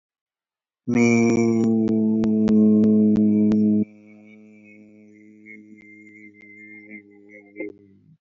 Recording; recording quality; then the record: sustained vowel as in made; excellent, no background noise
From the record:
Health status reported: COVID-19 positive, mild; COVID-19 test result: positive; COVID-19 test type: RT-PCR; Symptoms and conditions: cough, cold, fever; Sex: male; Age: 25 years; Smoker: yes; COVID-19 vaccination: both doses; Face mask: not worn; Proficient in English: yes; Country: India